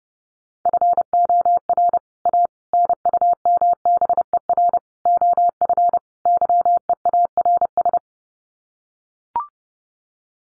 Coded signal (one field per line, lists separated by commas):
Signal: Morse code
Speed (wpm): 29 wpm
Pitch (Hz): 700 Hz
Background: none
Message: FOR A NUMBER OF YEARS